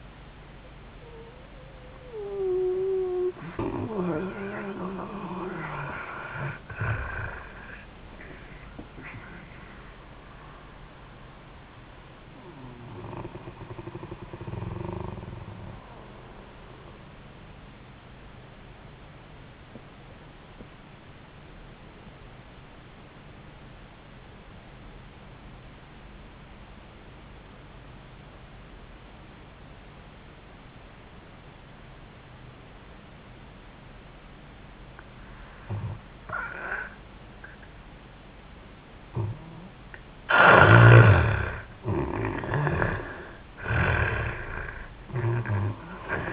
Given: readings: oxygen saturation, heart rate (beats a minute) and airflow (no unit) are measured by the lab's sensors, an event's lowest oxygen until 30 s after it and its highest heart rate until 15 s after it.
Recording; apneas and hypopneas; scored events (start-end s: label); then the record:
breathing in sleep by a voice recorder at the bedside; 1
17.00-41.00 s: obstructive apnea (N1, oxygen 97% highest, then 78% lowest, heart rate 63 at the start, 85 highest)
From the record:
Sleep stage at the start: N1 (lightest sleep); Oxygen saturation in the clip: 71 to 97%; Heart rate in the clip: 63 to 95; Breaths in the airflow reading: 7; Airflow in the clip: -16.0 to 8.8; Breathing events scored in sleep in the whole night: 400 in 8.7 hours asleep